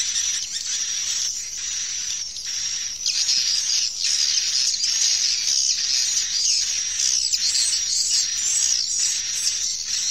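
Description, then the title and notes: Swiftlet chorus of rapid high chirps, growing louder and denser after a few seconds and pulsing in quick bursts. Farmed swiftlets in Asia. "Swiflet Bird Sound. Farming Swiflet Bird asia sound"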